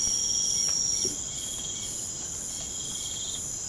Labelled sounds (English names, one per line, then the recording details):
none
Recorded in pastures near Puerto Asís, Putumayo, Colombia, on 25 June 2025 at 00:00
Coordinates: 0.472, -76.331
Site G095